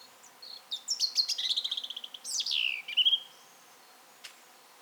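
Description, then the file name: European robin song, a sweet high warble: quick stuttering trill, then a sliding downward note and a brief final note, followed by quiet. "Erithacus rubecula"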